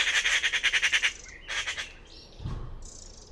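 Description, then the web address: Bird chatter: one rapid, buzzy pulsed burst, then a shorter rasp and a brief low thump in the background. "Bird Only More Classes Pi Pi Pi Pi"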